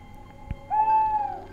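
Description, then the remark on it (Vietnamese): An owl by a bamboo clump beside a house gives one loud, drawn-out screech aimed at the house, with a steady, slightly nasal pitch that holds for most of a second before fading. A soft thump comes just before it, with no voices. “Thế nhưng con cú mèo cứ như thi gan, lại càng chổng đít lên, chĩa vào nhà mà gào lên váng óc.”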